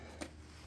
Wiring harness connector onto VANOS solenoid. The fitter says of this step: click and lock